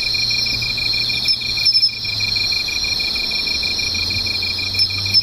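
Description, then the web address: Insects singing a continuous high trill over an evenly pulsed ticking note, with a faint low hum in the background. "cats nishikawa 201110 mushinokoi"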